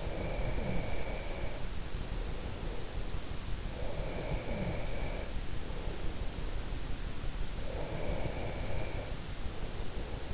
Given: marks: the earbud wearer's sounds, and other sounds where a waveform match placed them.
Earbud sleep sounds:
sounds in sleep by an in-ear microphone; breath
0.00-2.76 s: breath
3.85-6.49 s: breath
7.77-10.34 s: breath

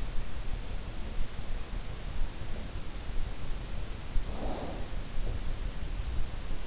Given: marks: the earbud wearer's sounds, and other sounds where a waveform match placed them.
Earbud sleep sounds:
sounds in sleep by an in-ear microphone; snoring breath
4.26-4.98 s: snoring breath

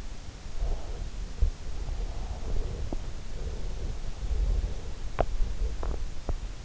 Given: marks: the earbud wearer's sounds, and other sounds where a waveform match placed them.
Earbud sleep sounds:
sounds in sleep by an in-ear microphone; teeth grinding
0.57-4.97 s: teeth grinding
5.07-6.65 s: teeth grinding

